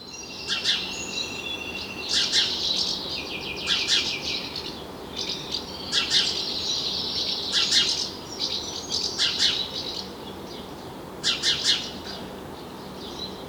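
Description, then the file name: House sparrow chirping repeatedly in clusters of notes throughout. "Passer domesticus"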